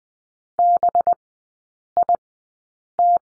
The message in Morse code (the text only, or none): BIT